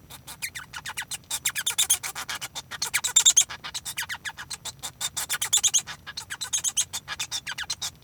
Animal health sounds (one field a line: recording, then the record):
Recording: song of a male Bengalese finch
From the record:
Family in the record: son of father 1